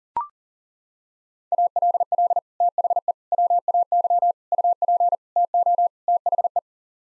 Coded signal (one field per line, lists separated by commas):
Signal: Morse code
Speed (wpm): 37 wpm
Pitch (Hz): 700 Hz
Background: none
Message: ALL THE WAY UP TO THE